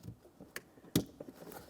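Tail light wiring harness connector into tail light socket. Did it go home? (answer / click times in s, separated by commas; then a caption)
yes / 1.0 s. Inside a 2002–2006 Honda CR-V, the plastic wiring harness connector for the tail light assembly is pushed back into the tail light socket. It seats with a sharp click at 0.9 s, after a smaller tick at 0.6 s, and is then tugged to check that it is secured.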